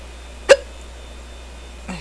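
A single sharp, abrupt hiccup from an adult sounds at about half a second, and a second one begins just at the end. Between them there is only a steady low room hum. These are ordinary hiccups, brief involuntary gulps caused by sudden diaphragm spasms.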